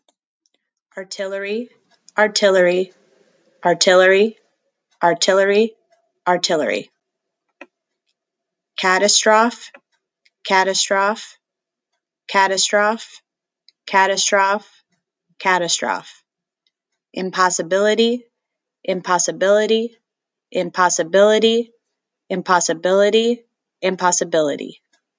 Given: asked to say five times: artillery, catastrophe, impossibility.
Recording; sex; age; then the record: three words, each repeated; female; 30 to 39 years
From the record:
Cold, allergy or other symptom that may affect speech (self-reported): no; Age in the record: 35 years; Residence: Arizona, United States